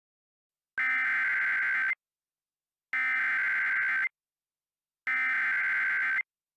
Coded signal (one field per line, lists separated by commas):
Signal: Emergency Alert System (SAME) tones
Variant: header bursts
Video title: Hot Spot Horror: An EAS Scenario